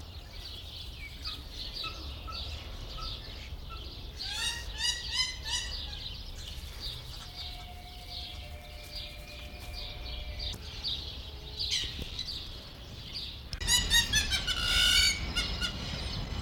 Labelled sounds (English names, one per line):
Hamerkop